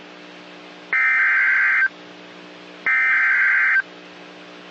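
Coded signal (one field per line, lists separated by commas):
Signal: Emergency Alert System (SAME) tones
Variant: header bursts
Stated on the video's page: Real Severe Thunderstorm Warning from National Weather Service, radar-indicated hail and wind.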